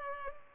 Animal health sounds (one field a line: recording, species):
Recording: mosquito wingbeat signal from an infrared sensor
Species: Culex pipiens